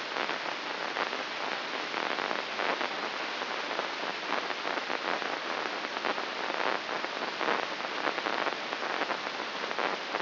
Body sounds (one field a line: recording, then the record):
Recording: brain microelectrode recording played as sound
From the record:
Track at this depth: inside the subthalamic nucleus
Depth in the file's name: 5.001 mm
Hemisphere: right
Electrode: 2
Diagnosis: Parkinson's disease